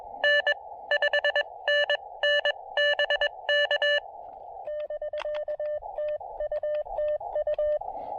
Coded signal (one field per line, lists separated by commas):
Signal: Morse code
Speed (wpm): 22 wpm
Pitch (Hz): 590 Hz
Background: none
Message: N 5 N N BK <BK> TU TU